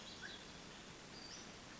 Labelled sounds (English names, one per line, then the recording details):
Western Flycatcher
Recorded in Sonoma County, California